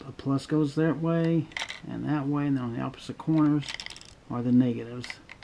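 Someone talks while handling a Yongnuo 600 RT speedlite flash as AA batteries are loaded into its battery compartment, with light handling noises and a brief sharp tick near the end. The plastic battery compartment door has not yet been slid down to latch, and nothing has seated or clicked yet.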